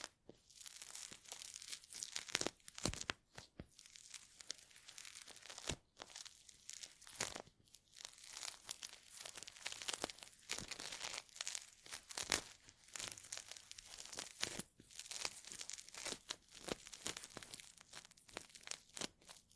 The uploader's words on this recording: Intense Ear Cleaning for Deep Sleep Ultra Detailed Binaural Triggers.